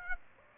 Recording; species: mosquito wingbeat signal from an infrared sensor; Aedes aegypti